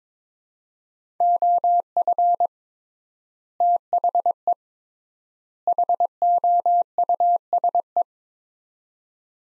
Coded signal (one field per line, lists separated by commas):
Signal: Morse code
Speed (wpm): 22 wpm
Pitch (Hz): 700 Hz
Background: none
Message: OF THE HOUSE